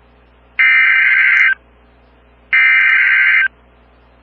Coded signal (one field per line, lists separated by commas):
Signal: Emergency Alert System (SAME) tones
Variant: header bursts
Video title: Illinois Once Again... | EAS Alerts from 10/11/2021 (EAS #775-791)